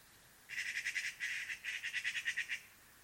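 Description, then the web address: Eurasian magpie giving a fast, harsh rattle of clipped notes in three quick runs over about two seconds. "cianscape birddata Deverinetal"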